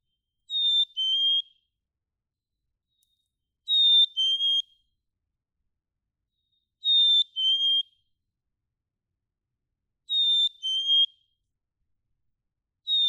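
Black-capped chickadee singing its sweet two-note whistle, high then a little lower, repeated steadily about every three seconds, four full phrases and the start of a fifth.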